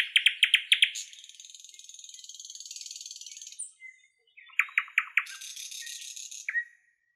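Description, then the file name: Nightingale song opening with loud repeated clicks, then a long sustained buzzy trill, a short pause, another burst of clicks and a second buzzy trill ending in a whistle. "solovey long"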